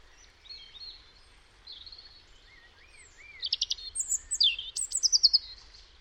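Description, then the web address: European robin song starting with soft, faint warbles, then louder high phrases with rapid buzzy trills and thin sliding whistles toward the end. "Deverinetal 2025 File origin Bird Only Er Ru"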